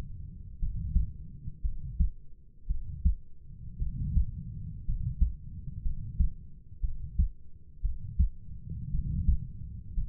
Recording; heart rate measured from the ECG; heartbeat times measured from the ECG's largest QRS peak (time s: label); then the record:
heart sounds by stethoscope; 58 bpm
0.59 s: heartbeat
1.62 s: heartbeat
2.67 s: heartbeat
3.79 s: heartbeat
4.85 s: heartbeat
5.82 s: heartbeat
6.81 s: heartbeat
7.82 s: heartbeat
8.91 s: heartbeat
9.94 s: heartbeat
From the record:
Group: healthy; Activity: rest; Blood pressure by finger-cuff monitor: 105/52 mmHg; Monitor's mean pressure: 65 mmHg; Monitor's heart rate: 57 bpm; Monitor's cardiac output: 5.2 L/min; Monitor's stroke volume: 91 mL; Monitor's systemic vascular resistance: 900 dyn s/cm5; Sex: male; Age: 25 years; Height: 170 cm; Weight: 70.4 kg